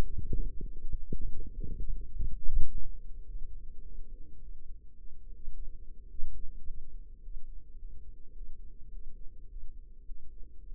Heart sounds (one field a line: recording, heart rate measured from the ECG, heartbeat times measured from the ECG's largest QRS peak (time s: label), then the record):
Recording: heart sounds by microphone in the left ear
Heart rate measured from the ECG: 105 bpm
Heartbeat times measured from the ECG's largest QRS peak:
0.34 s: heartbeat
0.93 s: heartbeat
1.51 s: heartbeat
2.10 s: heartbeat
2.67 s: heartbeat
3.24 s: heartbeat
3.81 s: heartbeat
4.38 s: heartbeat
4.95 s: heartbeat
5.51 s: heartbeat
6.08 s: heartbeat
6.64 s: heartbeat
7.20 s: heartbeat
7.76 s: heartbeat
8.33 s: heartbeat
8.89 s: heartbeat
9.46 s: heartbeat
10.04 s: heartbeat
10.62 s: heartbeat
From the record:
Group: healthy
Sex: female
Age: 32 years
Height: 172 cm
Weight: 71.7 kg